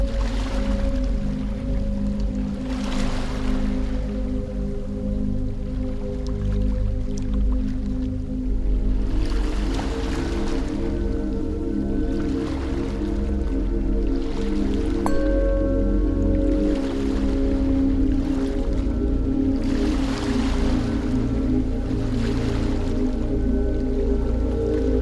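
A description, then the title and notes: Sustained low tonal music drones beneath soft washes of surf that swell every few seconds, with a faint bright ring near fifteen seconds. A tranquil blend of beach waves, meditation bells, and 432 Hz music for deep relaxation and meditation. Relaxing beach wave sound with 432 Hz music and meditation bell sounds.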